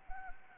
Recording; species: mosquito wingbeat signal from an infrared sensor; Anopheles arabiensis